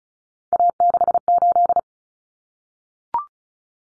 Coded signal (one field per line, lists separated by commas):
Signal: Morse code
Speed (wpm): 34 wpm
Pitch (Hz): 700 Hz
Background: none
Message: A68